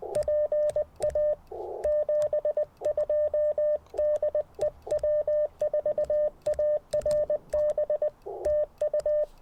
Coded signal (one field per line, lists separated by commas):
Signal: Morse code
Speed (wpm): 20 wpm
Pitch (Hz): 600 Hz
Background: none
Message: PA 72 DE W4ARB TU